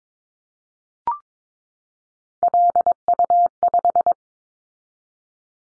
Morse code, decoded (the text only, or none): LU5